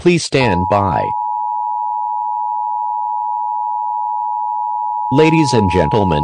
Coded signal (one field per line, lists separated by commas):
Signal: Emergency Alert System (SAME) tones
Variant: 853 and 960 Hz attention tone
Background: speech